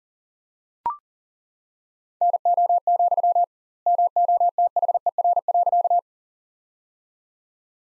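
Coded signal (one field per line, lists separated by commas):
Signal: Morse code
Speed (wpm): 37 wpm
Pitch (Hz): 700 Hz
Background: none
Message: NO, MOTHER.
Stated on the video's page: Morse practice sentences from the top 200 words at 40 wpm with 2x standard word spacing, a Farnsworth-like method applied to words.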